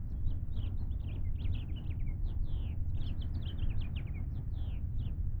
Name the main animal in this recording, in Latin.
Haemorhous mexicanus